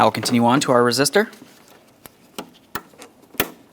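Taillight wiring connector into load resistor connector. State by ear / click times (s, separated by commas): seated / 3.4 s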